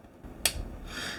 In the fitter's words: nice little click sound